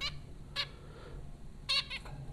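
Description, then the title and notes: Zebra finch calls, a few short nasal beeps, then a louder double call near the end. Zebra finches at Popcorn School, Flatbush, Brooklyn, New York; recorded April 2009 by Dan Bodah. "Dronecast No. 030: The Popcorn Finches Four from Apr 15, 2009. Zebra finches recorded by Dan Bodah at Popcorn School, Flatbush, Brooklyn NY in April 2009"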